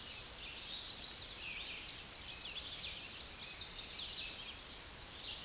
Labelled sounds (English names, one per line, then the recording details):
Tennessee Warbler song
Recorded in a Pennsylvania forest on 16 May 2024 at 08:29
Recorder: AudioMoth, point MSD-2305
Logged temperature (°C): 16.9 °C
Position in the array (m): 75 m, 203 m